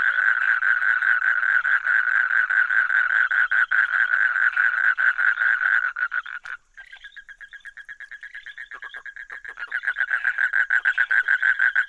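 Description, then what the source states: Frog croaking in rapid pulsed notes, breaking off abruptly near the middle, then resuming softer and building back to a full, fast rhythm. Recorded 15 March 2015.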